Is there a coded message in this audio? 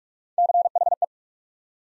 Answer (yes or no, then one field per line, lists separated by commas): yes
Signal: Morse code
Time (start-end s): 0.4-1.0 s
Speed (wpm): 44 wpm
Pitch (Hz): 700 Hz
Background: none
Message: CHE